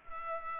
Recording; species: mosquito wingbeat signal from an infrared sensor; Culex pipiens